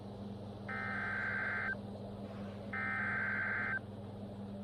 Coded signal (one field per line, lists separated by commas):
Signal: Emergency Alert System (SAME) tones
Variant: header bursts